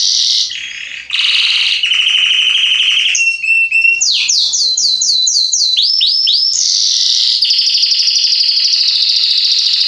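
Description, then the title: Belgian canary song with rolling buzzy trills, a string of quick sweeps, then a long steady high trill. Male Belgian canary singing a lot, played to warm up young canaries; song style called salsa estourado. "Esquente Seu Filhote E Canario Belga Em 30 Minutos Macho Cantando Muito. Canrio Belga Salsa Estourado - Esquente em 30 minutos"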